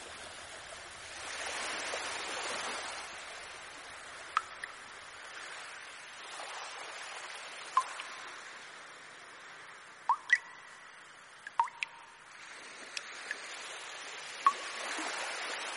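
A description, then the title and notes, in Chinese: Water drops fall irregularly, each a sharp bright plink, a few close together near ten and twelve seconds, some with short ringing tones. Beneath them runs a soft, steady hiss of flowing water that swells gently and fades. 滴、滴、答、答…水滴聲。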